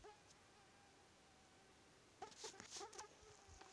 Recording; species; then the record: mosquito flight sound by mobile phone; Aedes sierrensis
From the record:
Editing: cut to the mosquito's sound